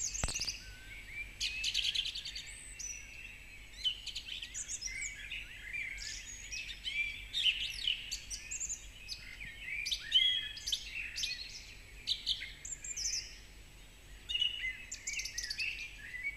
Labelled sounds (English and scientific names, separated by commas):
Song Thrush (Turdus philomelos) song